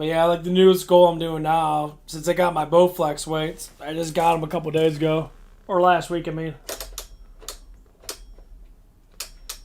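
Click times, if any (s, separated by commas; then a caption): 7.0 s, 7.5 s, 8.1 s, 9.2 s, 9.5 s. Someone talks, then turns the weight selector dial on new Bowflex adjustable dumbbells, gotten about a week ago, and it clicks into its detent positions. Sharp clicks land at 7.0, 7.5, 8.1, 9.2 and 9.5 seconds as the dial seats in each position.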